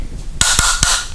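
A torque-limiting tool, set on number two, is inserted into a tower of a Yakima Baseline and JetStream roof rack and tightened until it clicks. A sharp click is heard at 0.4 s, followed by two more short clicks at about 0.6 s and 0.8 s. The tower is confirmed tightened to the proper torque spec.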